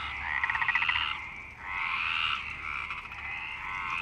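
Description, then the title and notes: Frogs croaking in a dense chorus, overlapping rattling calls swelling in long bursts, pulsed at first then a continuous churring wash. Frogs in Parc Longchamp, Marseille, Provence-Alpes-Côte d'Azur, France, 26 March 2011, 19:35; recorded with MixPre 6 and Basic Ucho. "Marseille, Provence-Alpes-Côte d'Azur, France - 26_03_11_19_35 Longchamps_004 grenouilles. Grenouilles au parc de Longchamp MIXPRE 6 + BASIC UCHO"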